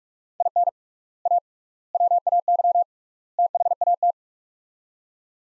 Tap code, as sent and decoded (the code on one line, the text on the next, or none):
none